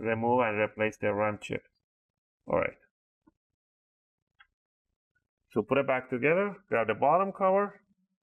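Someone talks while the plastic bottom cover of an Acer Spin 3 SP314-21 laptop is picked up to go back onto the laptop chassis after the RAM check, with faint small ticks of handling at 3.3 and 4.4 seconds in a quiet pause. The cover's snap clips have not snapped home yet; nothing has seated or clicked.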